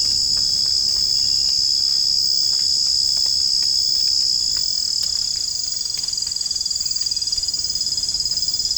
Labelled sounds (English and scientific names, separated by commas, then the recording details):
none
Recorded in dense forest near Puerto Asís, Putumayo, Colombia, on 25 June 2025 at 03:30
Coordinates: 0.481, -76.323
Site G072